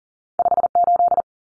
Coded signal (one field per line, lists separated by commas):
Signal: Morse code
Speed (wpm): 40 wpm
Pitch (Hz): 700 Hz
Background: none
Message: 58